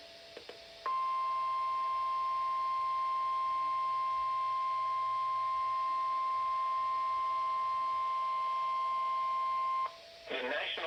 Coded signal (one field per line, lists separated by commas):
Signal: Emergency Alert System (SAME) tones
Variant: 1050 Hz attention tone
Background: speech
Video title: [DOUBLE HEADER] Severe Thunderstorm Watch #317 and Special Marine Warning - 6/16/2023 (EAS #28-29)